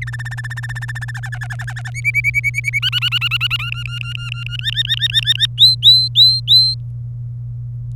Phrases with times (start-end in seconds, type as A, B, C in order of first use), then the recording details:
0.02-1.11 A, 1.14-1.90 B, 1.94-2.79 C, 2.82-3.70 D, 3.72-4.57 E, 4.59-5.46 F, 5.58-6.74 G. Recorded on 27 April 2018 at 14:15. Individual llb3